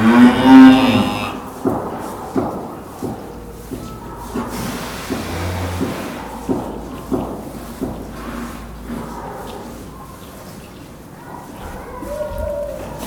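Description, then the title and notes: Cow giving a brief low moo at the start, followed by repeated metallic knocks and rattles from equipment against a steady hum. Cows on a farm at Cascina Pasque', Besnate, Italy, 11 December 2018; the cows' feeder structures bang; cows are not talkative, especially when licking salt blocks. "Besnate - Cascina Pasque' - 20181211-Fattoria con oche e piccioni - Le serrande che sbattono sono le strutture delle mangiatorie delle mucche che non sono ciarliere specialmente quando leccano cubi di sale"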